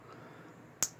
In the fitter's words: and then snap into place okay so that is